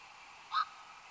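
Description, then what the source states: Black-crowned night heron call: a single short, hoarse note sounded once against a steady background hiss. 25 May 2015.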